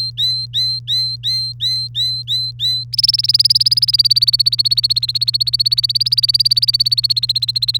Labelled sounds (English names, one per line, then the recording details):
Domestic Canary song
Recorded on 3 May 2018 at 06:40
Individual llb3